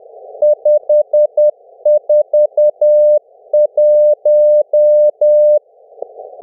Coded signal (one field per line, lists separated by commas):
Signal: Morse code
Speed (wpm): 10 wpm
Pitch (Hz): 600 Hz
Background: music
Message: 541